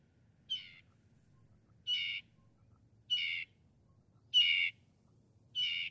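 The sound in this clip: Northern mockingbird song: a harsh, buzzy note repeated about every 1.3 seconds, five times, over a low background rumble.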